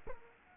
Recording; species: mosquito wingbeat signal from an infrared sensor; Culex quinquefasciatus